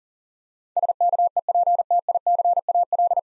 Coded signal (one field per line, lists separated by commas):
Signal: Morse code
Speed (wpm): 38 wpm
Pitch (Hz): 700 Hz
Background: none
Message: SKEPTICAL